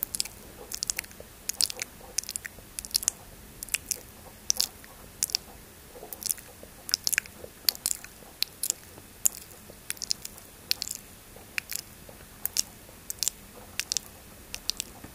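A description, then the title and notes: Intense mouth sounds: sharp wet clicks and crunchy smacks pop irregularly, several per second, over a faint low hum with quiet gaps between. Very intense mouth Sounds ASMR.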